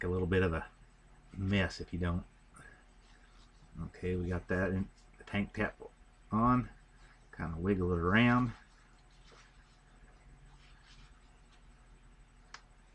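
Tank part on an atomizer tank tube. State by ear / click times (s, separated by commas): seated / 12.5 s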